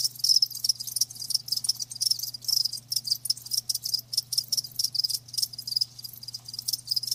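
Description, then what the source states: Cricket chorus of dense, shrill chirps, loud bursts pulsing several times a second over a low steady hum. Live crickets chirping, a lulling song.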